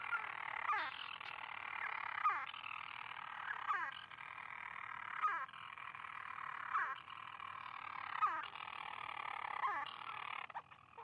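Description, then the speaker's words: European Storm Petrel's purring churr runs on steadily, with a quick descending hiccup dropping in every second or two. Single wild bird calling early in the evening after darkness falls, at the monastery on Skellig Michael, a rocky Atlantic island, where storm petrels swarm around the stonework. "Early in the evening, a single storm petrel makes its call."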